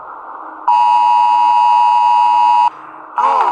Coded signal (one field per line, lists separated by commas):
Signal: Emergency Alert System (SAME) tones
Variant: 853 and 960 Hz attention tone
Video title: eas scenario catemojibabyheat part 164 the appears